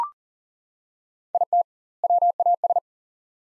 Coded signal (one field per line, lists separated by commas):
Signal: Morse code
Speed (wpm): 40 wpm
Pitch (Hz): 700 Hz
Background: none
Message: IT WAS